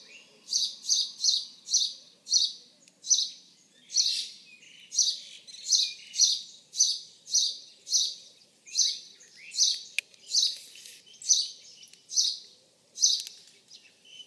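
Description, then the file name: House sparrow chirping rapidly, some notes doubled, a continuous string of bright chirps at an uneven quick pace with a faint click or two. "Passer domesticus"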